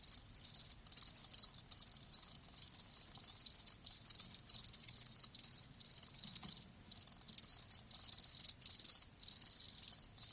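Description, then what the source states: Crickets trilling high and shrill in quick pulsed bursts. Live crickets chirping.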